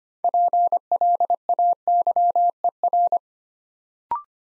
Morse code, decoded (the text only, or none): PLAYER